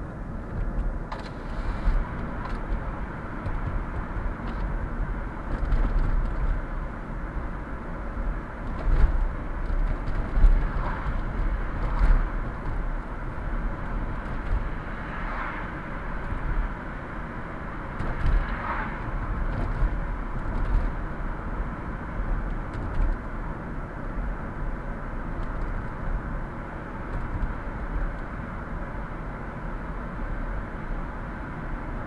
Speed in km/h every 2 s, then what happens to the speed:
50, 49, 49, 49, 50, 50, 50, 50, 50, 49, 51, 50, 49, 50, 49, 50.
0-32 steady at about 50.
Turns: none.